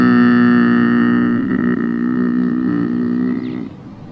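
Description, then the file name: Lynx uttering a sustained, tonal moaning wail, steady and even at first, that turns slightly wavering midway before breaking off. "rys"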